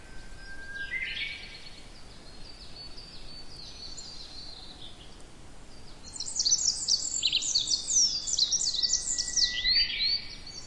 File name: tree pipit